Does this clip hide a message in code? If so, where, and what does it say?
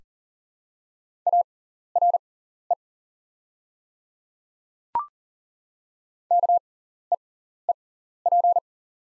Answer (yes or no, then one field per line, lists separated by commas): yes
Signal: Morse code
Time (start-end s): 1.3-8.6 s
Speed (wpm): 40 wpm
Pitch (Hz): 700 Hz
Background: none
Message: ARE KEEP